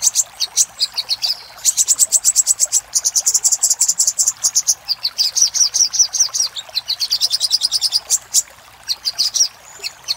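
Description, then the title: Little spiderhunter song: long runs of rapid, sharp high notes, delivered almost without pause. Master recording for training cage birds; local name sogok ontong labaik. "Masteran Burung Sogok Ontong Labaik"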